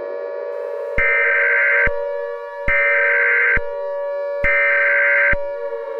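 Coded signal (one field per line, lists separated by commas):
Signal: Emergency Alert System (SAME) tones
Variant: header bursts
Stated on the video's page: Fictional EAS scenario.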